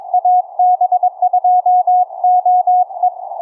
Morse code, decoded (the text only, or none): AB2OE